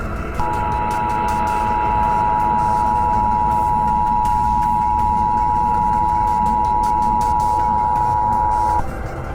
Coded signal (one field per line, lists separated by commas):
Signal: Emergency Alert System (SAME) tones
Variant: 853 and 960 Hz attention tone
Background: music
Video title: EAS scenario #59: Zombie Werewolves Part 2: Demonic Werewolves